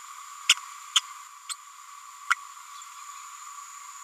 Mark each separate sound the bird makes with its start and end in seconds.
0.48-0.54, 0.95-1.00, 1.49-1.53, 2.30-2.34